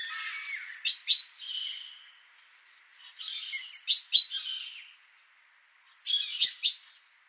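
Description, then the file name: Great tit calls, three bursts of high notes over a rougher churring chatter, spaced about two to three seconds apart. "Parus major"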